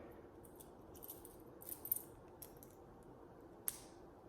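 The tongue of a 15mm, 22-inch Miami Cuban link chain from Las Villas Jewelry is inserted into its box clasp during a repeat demonstration. Light metallic ticks and rattles come between about 1.0 and 2.0 s, then one sharp click at 3.7 s as the clasp latches shut.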